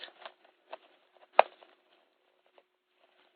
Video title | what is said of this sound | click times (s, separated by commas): Chains & Connectors Tutorial: Types, Sizes, Uses, Tools & Techniques for DIY Small Pet Toys | i want to pull it until i hear it ratchet so that i know that it's actually locked into place there it goes | 1.4 s